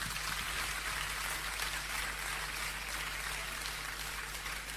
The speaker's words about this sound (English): È bello però sentire che ti applaudono quando dici delle cose negative.